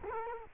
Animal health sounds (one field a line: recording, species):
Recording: mosquito wingbeat signal from an infrared sensor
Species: Culex quinquefasciatus